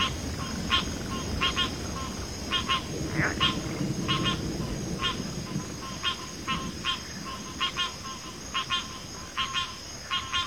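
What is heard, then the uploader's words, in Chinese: Sounds of nature from a field wetland chorus: short, bright chirping calls repeat in pairs and small bursts every half second or so throughout. A steady high whine runs constantly above them, while a low rumbling murmur fills the background. 大自然的声音-田间湿地合唱团。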